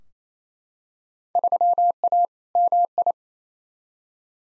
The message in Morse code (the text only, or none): 3A MI